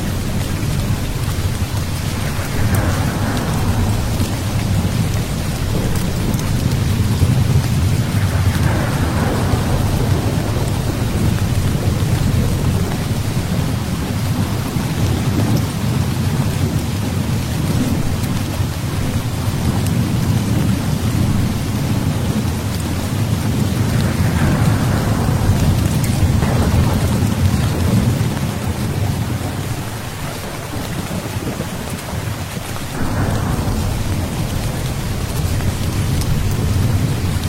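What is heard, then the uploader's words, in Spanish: Heavy rain pours steadily with a dense, hissing wash, over a deep, rolling rumble of thunder that swells and fades throughout. Brighter crackling surges of thunder break through around 3, 9, 25 and 33 seconds, and the downpour eases slightly near 30 seconds. Sonidos de fuertes lluvias y densas tormentas eléctricas en un bosque brumoso por la noche.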